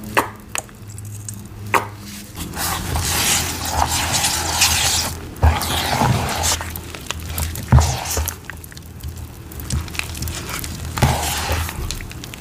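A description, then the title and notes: Powder being handled and poured, with a steady fizzing hiss like citric acid sizzling that swells and fades over the twelve seconds. Soft crunchy crinkles and a few sharp taps punctuate it, around the start, near five and eight seconds, over a low steady hum. Making Citric Acid Dyed Chalk & Cornstarch Crunchies. Pouring, powder play, cornstarch squeaks, citric acid sizzles, and more enticing asmr sounds.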